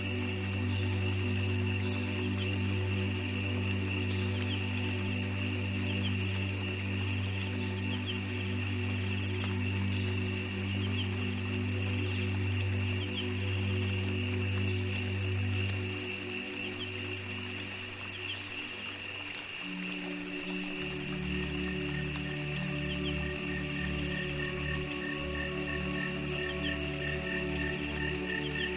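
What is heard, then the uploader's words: Low droning tones hold steady beneath a dense, bright chorus of insects and birds, with the drone shifting pitch around twenty seconds. Relaxing Spa in the Jungle.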